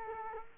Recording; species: mosquito wingbeat signal from an infrared sensor; Culex quinquefasciatus